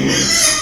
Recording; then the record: squeal of a Yucatan mini pig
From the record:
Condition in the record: before surgery on the right vocal fold (resection and tissue-engineered implant); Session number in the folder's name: 2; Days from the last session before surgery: 0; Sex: male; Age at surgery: 12 weeks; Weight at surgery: 13 kg